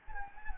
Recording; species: mosquito wingbeat signal from an infrared sensor; Anopheles gambiae